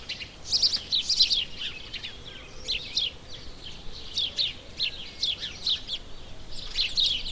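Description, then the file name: House sparrow chirping in busy bursts, harsh bright notes tumbling together. "Passer domesticus"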